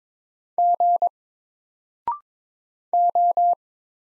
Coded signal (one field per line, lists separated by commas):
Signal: Morse code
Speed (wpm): 21 wpm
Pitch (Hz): 700 Hz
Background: none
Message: G O